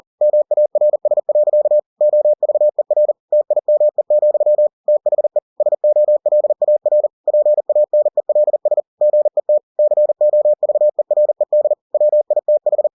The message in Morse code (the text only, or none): MARS. OVER TIME, THE SOLAR PANELS GET COVERED WITH